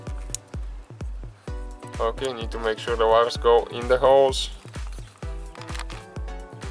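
A plastic cover over the airbag wiring connector in a steering wheel is pressed closed and snaps shut with a sharp click at 0.4 s, so the cover is seated. Someone talks afterward over steady background music with a regular low beat.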